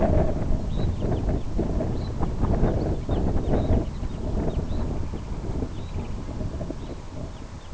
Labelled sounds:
Red Phalarope (Phalaropus fulicarius), unidentified sound
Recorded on Arctic tundra, site IGLO-B, on 27 June 2018
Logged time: 05:59

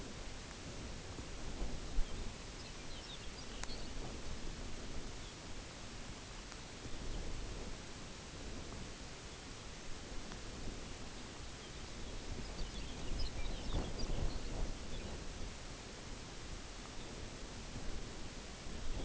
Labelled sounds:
Lapland Longspur (Calcarius lapponicus), unidentified sound
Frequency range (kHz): Lapland Longspur (Calcarius lapponicus) 1.7-5.9 kHz
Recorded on Arctic tundra, site UTQI-0, on 14 June 2019
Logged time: 14:00

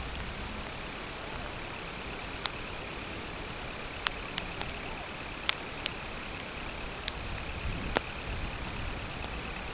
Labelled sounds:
Semipalmated Sandpiper (Calidris pusilla), unidentified sound
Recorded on Arctic tundra, site CORI-1, on 12 June 2018
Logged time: 08:00

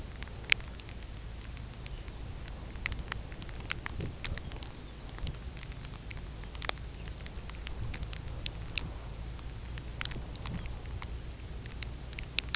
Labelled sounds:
Red Phalarope (Phalaropus fulicarius), Lapland Longspur (Calcarius lapponicus), unidentified sound
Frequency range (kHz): Red Phalarope (Phalaropus fulicarius) 1.9-3.6 kHz; Lapland Longspur (Calcarius lapponicus) 2.5-4.8 kHz
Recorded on Arctic tundra, site UTQI-5, on 13 June 2019
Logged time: 18:00

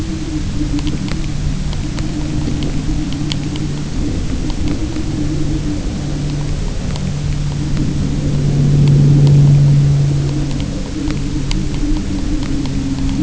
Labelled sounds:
none
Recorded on Arctic tundra, site UTQI-0, on 22 June 2018
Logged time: 18:00

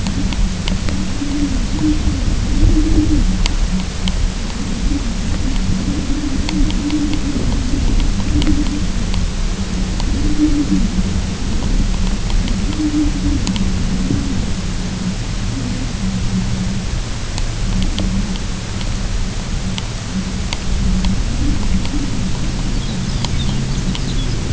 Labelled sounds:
Lapland Longspur (Calcarius lapponicus)
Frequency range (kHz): Lapland Longspur (Calcarius lapponicus) 2.1-7.1 kHz
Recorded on Arctic tundra, site UTQI-0, on 22 June 2018
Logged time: 18:00

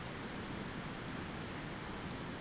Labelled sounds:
none
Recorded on Arctic tundra, site ZACK-1, on 15 June 2019
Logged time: 21:49

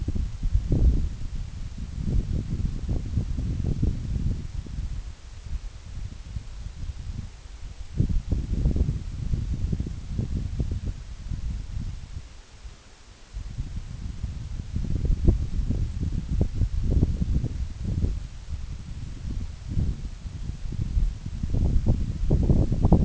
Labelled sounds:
none
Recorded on Arctic tundra, site NAIT-1, on 26 June 2019
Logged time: 12:00

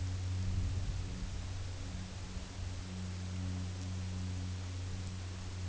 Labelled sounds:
none
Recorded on Arctic tundra, site UTQI-8, on 15 June 2019
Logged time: 22:00

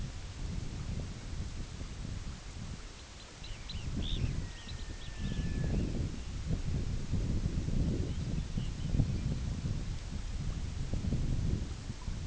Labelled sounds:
Red Phalarope (Phalaropus fulicarius), unidentified sound, Lapland Longspur (Calcarius lapponicus)
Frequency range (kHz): Red Phalarope (Phalaropus fulicarius) 1.8-5.1 kHz; Lapland Longspur (Calcarius lapponicus) 1.7-5.1 kHz
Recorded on Arctic tundra, site IGLO-B, on 21 June 2018
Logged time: 15:59

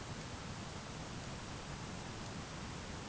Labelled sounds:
none
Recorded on Arctic tundra, site ZACK-1, on 12 June 2019
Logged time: 05:49

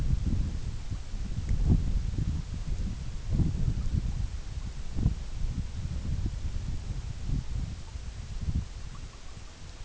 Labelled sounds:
none
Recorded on Arctic tundra, site EABA-MC, on 21 June 2019
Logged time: 20:00

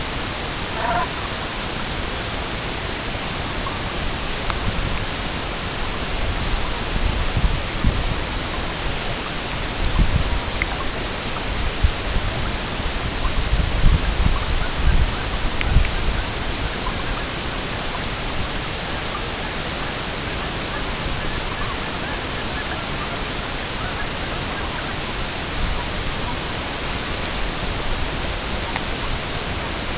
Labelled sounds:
Brent Goose (Branta bernicla), unidentified sound
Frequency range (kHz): Brent Goose (Branta bernicla) 0.5-2.2 kHz
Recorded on Arctic tundra, site EABA-MC, on 22 June 2019
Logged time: 08:00

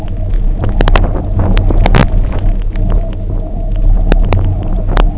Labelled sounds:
none
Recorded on Arctic tundra, site UTQI-0, on 27 June 2018
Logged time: 00:00

